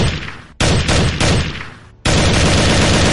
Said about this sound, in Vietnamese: Thoáng chốc tiếng súng vang lên liên tiếp.